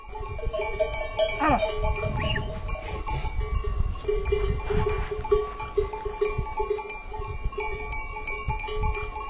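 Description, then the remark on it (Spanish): Many bells on a herd of firefighting goats, which graze to prevent wildfires in the Sierra Madrileña near Madrid, Spain, clank and jingle in a continuous, uneven jumble of metallic tones, with a few bleats rising briefly over the steady clatter of the moving herd. “Nos despedimos del verdor de la Sierra Madrileña y una sonrisa se nos dibuja, recordando el tilín de los encerros de las cabras bomberas”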